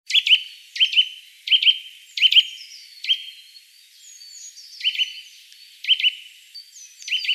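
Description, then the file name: Eurasian nuthatch calls: sharp ringing notes repeated irregularly, with fainter higher notes between them. "Sitta europaea"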